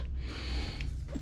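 The top piece of a Harley-Davidson Pro Street tuner cable connector is lined up and pushed onto the diagnostic port of a 2020 Low Rider S motorcycle over a steady low hum. A sharp click at 0.8 s marks the connector seating in place, followed by a softer rustle near 1.1 s.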